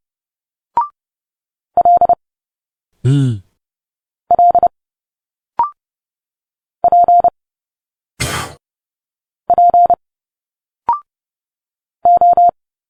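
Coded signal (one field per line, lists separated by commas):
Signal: Morse code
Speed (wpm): 30 wpm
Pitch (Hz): 700 Hz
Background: none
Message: L L P P O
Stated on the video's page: Morse code letters A to Z at 30 wpm, an instant character recognition drill linking Morse sounds directly to speech sounds.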